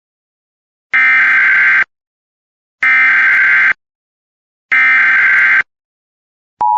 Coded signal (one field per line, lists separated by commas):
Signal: Emergency Alert System (SAME) tones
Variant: header bursts